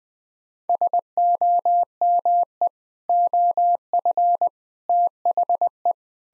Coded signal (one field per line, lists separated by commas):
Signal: Morse code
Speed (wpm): 21 wpm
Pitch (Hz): 700 Hz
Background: none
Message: SOME OF THE